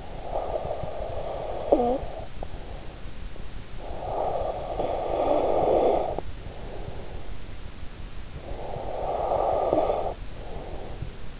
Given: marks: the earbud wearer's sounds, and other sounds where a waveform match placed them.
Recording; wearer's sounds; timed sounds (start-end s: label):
sounds in sleep by an in-ear microphone; snoring breath, breath
0.00-3.03 s: snoring breath
3.77-7.25 s: breath
8.32-11.40 s: breath